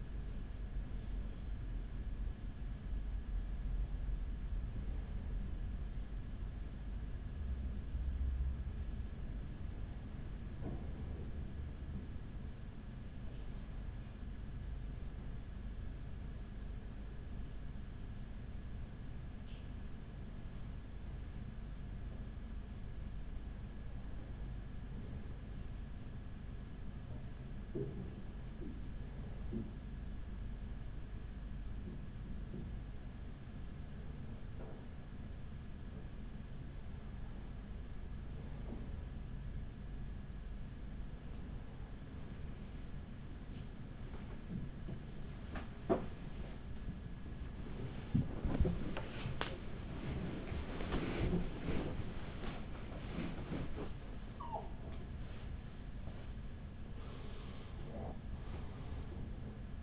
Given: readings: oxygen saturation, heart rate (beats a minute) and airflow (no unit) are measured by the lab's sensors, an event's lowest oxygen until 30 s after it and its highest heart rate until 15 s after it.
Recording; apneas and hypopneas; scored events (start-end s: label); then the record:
breathing in sleep by a smartphone at the bedside; 1
13.00-47.70 s: hypopnea (N1, oxygen 96% highest, then 95% lowest, heart rate 41 at the start, 62 highest)
56.00-59.83 s: new sleep stage, awake
58.00-59.83 s: awake
From the record:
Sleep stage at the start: N1 (lightest sleep); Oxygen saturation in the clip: 95 to 97%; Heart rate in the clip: 39 to 62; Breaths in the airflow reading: 12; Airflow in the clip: -8.9 to 10.4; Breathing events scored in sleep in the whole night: 207 in 7.6 hours asleep